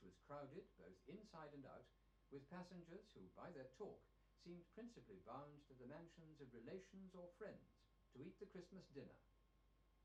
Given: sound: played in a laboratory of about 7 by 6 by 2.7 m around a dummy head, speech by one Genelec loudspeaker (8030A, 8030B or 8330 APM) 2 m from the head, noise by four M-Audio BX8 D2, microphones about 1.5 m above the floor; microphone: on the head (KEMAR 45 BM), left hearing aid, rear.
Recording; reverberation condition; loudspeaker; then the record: male speech in English; low; 60 degrees to the right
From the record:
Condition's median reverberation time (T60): about 310 ms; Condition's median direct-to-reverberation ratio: about 3.5 dB